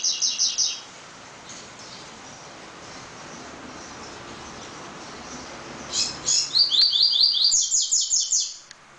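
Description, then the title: Double-collared seedeater singing high, rapid repeated notes: a short phrase at the start, then a pause of several seconds before a longer burst of fast trilled notes. "Canto Coleiro"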